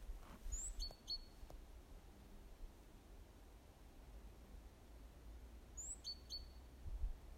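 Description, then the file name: Great tit call: a thin, very high descending note followed by two short, lower clipped notes, given twice about five seconds apart over a steady low rumble. "Parus major"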